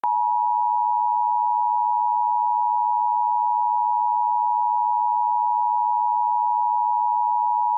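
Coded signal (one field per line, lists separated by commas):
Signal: Emergency Alert System (SAME) tones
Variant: 853 and 960 Hz attention tone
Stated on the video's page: Reenactment mock alert with valid EAS tones, recreating a severe thunderstorm warning from the Lubbock National Weather Service; simulated.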